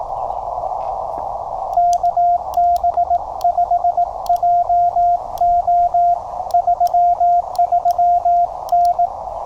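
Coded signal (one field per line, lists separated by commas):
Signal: Morse code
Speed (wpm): 18 wpm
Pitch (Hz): 700 Hz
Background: radio noise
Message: KB5JO 33N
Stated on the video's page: QRP CW Parks on the Air activation with a Penntek TR-35, under poor propagation; the keyer acted up, changing speed while sending.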